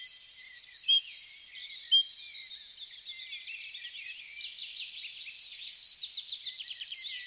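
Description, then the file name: Great tit chirping rapidly with high bright notes, a softer buzzy stretch in the middle, then the quick chirps return. "Parus major"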